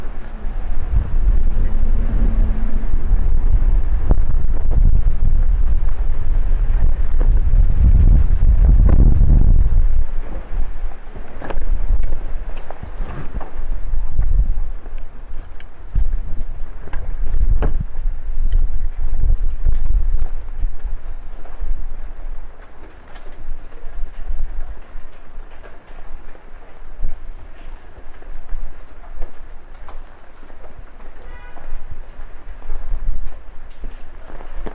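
Rain on a downtown Korean street, with a heavy low rumble of passing traffic in the first ten seconds, then steadier patter and occasional thumps.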